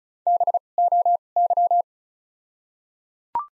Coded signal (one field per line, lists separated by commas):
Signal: Morse code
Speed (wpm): 34 wpm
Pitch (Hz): 700 Hz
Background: none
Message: B O Y